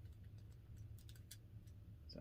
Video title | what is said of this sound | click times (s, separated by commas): OVER 400 VINTAGE HOT WHEEL TOY CARS IN DETAIL | it just clicks right in there | 1.3 s